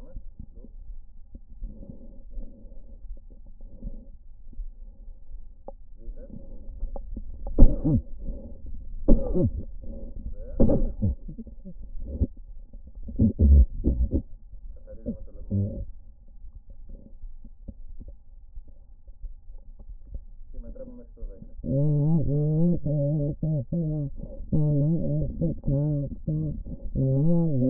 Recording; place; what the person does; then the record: lung sounds by stethoscope; right anterior apical chest; quiet breathing, then cough and speech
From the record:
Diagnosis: COPD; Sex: female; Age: 80 years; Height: 160 cm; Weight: 62 kg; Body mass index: 24.2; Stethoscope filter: diaphragm mode